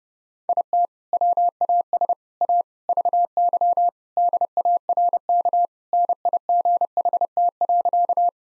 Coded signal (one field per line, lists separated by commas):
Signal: Morse code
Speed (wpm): 30 wpm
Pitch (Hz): 700 Hz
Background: none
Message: IT WAS A VY DARK NIGHT.